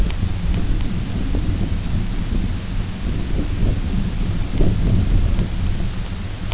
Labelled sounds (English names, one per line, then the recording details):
none
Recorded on Arctic tundra, site UTQI-0, on 20 June 2018
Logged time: 14:00